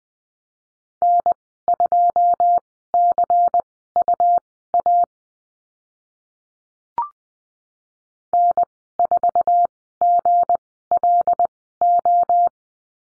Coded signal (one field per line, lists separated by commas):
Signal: Morse code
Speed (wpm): 20 wpm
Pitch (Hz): 700 Hz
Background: none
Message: N2CUA N4GLO